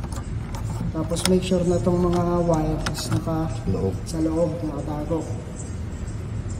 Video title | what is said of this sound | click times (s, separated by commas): Headlight Bulb Replacement - Wuling Mini EV | tulak mo lang siyang ganyan anan naka-lock na yan sir | 0.1 s, 0.6 s